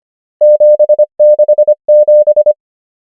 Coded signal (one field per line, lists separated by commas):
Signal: Morse code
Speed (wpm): 25 wpm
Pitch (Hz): 600 Hz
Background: none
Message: 7 6 7